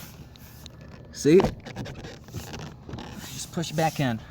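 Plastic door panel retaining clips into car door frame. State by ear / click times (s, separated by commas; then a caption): not seated / none. Someone talks while pushing an Audi car door trim panel back onto the door so its plastic retaining clips will snap into their holes in the door frame. Only light handling scrapes and faint taps are heard beneath the speech. Nothing has seated or clicked yet.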